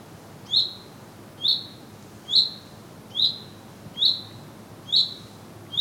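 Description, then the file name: Common chaffinch repeating a crisp, high single-note call about seven times, evenly spaced a little under a second apart, against soft low rumble. "Fringilla coelebs"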